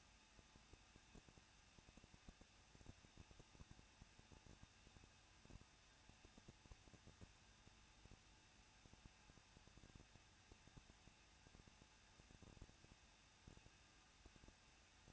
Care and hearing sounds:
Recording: daily activity, microphone in the room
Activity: no activity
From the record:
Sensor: 2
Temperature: 21.0 degrees Celsius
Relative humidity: 37.3%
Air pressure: 1006.2 hPa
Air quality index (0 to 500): 221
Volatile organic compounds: 23 ppm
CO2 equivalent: 2792 ppm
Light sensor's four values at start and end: 2/3/2/2 and 2/3/2/2

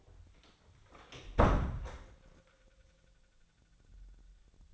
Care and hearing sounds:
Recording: daily activity, microphone in the room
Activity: close door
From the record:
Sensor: 3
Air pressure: 1009.2 hPa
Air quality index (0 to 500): 187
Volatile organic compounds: 3 ppm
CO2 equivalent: 1509 ppm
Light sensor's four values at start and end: 50/130/56/57 and 49/129/56/57

